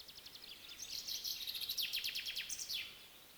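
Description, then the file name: Common chaffinch song: a rapid series of high, descending notes lasting about two seconds, over steady background hiss. "Fringilla coelebs"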